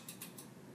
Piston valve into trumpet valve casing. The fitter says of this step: turn it in till it clicks